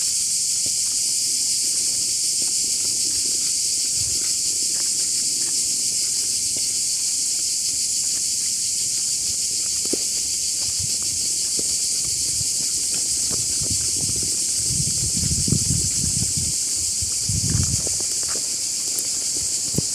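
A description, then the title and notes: Numerous cicadas blend into a dense, unbroken high drone that holds steady for the whole stretch. Underneath, soft low thumps and rustles come and go, growing busier near the end, around fifteen to eighteen seconds. This soundscape was captured at Liqeni Artificial I Tiranes, Albania. In this vibrant acoustic environment, the voices of numerous cicadas blend harmoniously, emanating from all directions. To capture this immersive experience, I stood in the center of a dirt road while making the recording. Recorded by Uğur Aslan.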